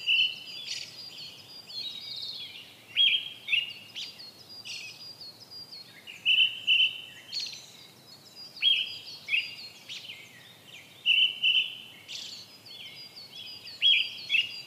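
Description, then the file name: Brown-headed thrush song: repeated short whistled phrases, some doubled, with fainter high notes between. "akahara"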